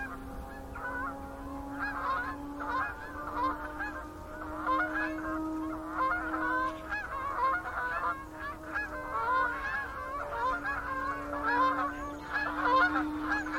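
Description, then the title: Goose: geese give bursts of nasal honks from several birds in uneven groups, over a steady low droning hum that runs the whole way through. Flocks of geese in fields by the River Thame, England, UK, morning of 23 September 2023, excited by floodwater spread across the meadows. "Gaggles of geese, River Thame, England, UK. by Paul Ridout"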